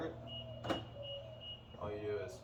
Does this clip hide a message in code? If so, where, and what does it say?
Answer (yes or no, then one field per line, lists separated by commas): no